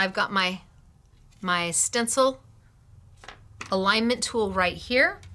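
A plastic stencil alignment tool is handled near the adapter base of a stamp and stencil tool while a woman talks. Two brief soft ticks come at about 3.2 and 3.3 seconds during a pause in the speech. The tool has not yet been pressed into the adapter, and nothing has seated or clicked into place yet.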